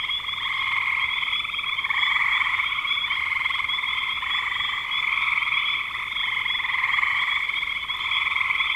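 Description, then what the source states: Frogs chorusing nonstop, a dense pulsed trilling that rises and falls slightly in strength. Recorded in spring 2025.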